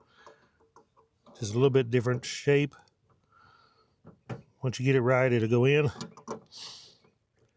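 An H11 LED bulb is lined up with the notches and twisted into the plastic headlight housing of a 2019–2022 Honda HR-V, with small handling taps and scrapes as someone talks. Nothing has seated or clicked yet.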